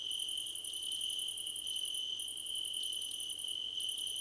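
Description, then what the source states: Cricket chorus with a continuous high-pitched trill and rapid pulsed chirp trains, one long run breaking off near two seconds before another begins. Crickets in a choir competition.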